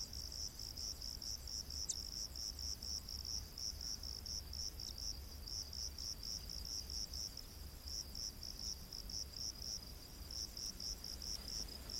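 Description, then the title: Cricket giving steady high chirps, with a sharp click early on and a constant hiss behind. Rainforest at night. "Crickets of the Rainforest"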